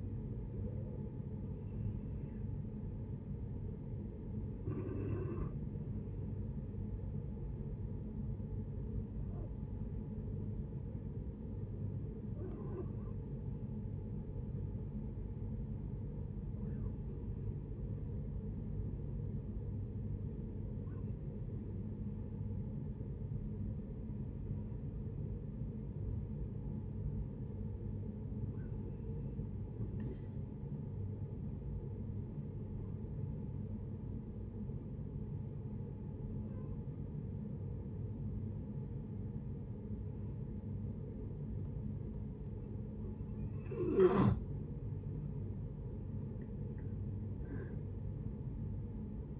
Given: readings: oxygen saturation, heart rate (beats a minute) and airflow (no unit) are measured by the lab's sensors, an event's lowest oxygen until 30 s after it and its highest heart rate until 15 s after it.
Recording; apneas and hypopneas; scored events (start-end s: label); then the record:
breathing in sleep by a smartphone at the bedside; 1
8.00-44.50 s: hypopnea (N1, oxygen 97% highest, then 89% lowest, heart rate 70 at the start, 76 highest)
From the record:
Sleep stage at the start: N1 (lightest sleep); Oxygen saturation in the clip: 91 to 97%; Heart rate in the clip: 68 to 75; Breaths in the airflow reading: 13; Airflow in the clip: -9.0 to 10.4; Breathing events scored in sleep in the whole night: 496 in 5.4 hours asleep